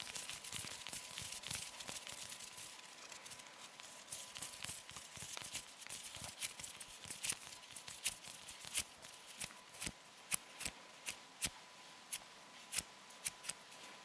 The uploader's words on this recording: ASMR Soothing Hand Sounds (Fluttering, Rubbing, Plucking, Hand Cream ...)